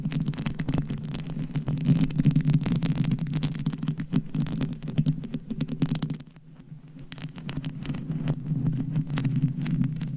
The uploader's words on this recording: Mic Scratching & Tapping on 7 Mics with DIY Mic Covers. No Talking.